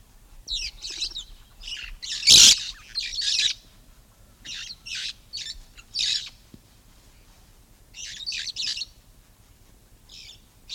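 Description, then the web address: Red-fronted parrot giving brief scratchy high calls in scattered groups, one much louder burst near the start, with quiet gaps between. "parrots poicephalus-gulielmi"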